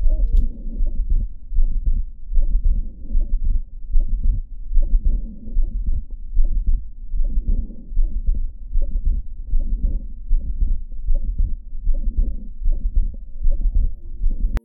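Adult heart heard by stethoscope at about 76 beats per minute: a musical systolic murmur, an atypical auscultatory sign of mitral valve prolapse, with normal physiological splitting of the second heart sound, which splits into two components on inspiration and is single on expiration.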